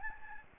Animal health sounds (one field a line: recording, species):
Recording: mosquito wingbeat signal from an infrared sensor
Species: Aedes albopictus